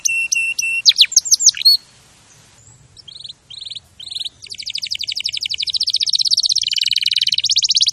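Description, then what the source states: Canary sings steady high whistled notes and a short burst, pauses, then builds into a long rapid rolling trill of evenly repeated notes. Champion canary song used as a master recording for tutoring other birds.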